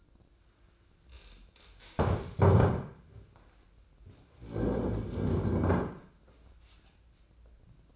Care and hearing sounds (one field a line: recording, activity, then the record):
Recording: daily activity, microphone in the room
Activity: stand up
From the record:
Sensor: 2